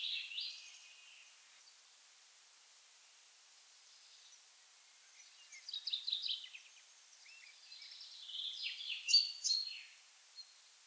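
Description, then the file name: Common chaffinch singing soft, scattered phrases of sharp descending notes, building to a brighter burst near the end, with quiet hiss behind. "Fringilla coelebs"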